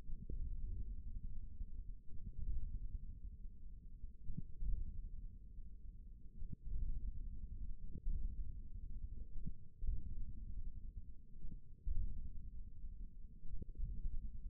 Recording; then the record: forearm muscle sounds (acoustic myography)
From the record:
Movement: hook grip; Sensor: system 1, eight BSWA MPA416 microphones around the upper forearm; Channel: 1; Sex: male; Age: 41 years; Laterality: right